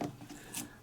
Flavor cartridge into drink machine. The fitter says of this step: like I said, you should just have a gentle little click. That wasn't even hardly anything.